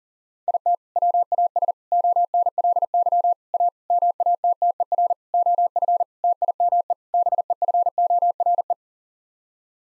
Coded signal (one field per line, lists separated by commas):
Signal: Morse code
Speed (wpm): 40 wpm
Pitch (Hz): 700 Hz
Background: none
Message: IT WAS ONLY A MATTER OF TIME BEFORE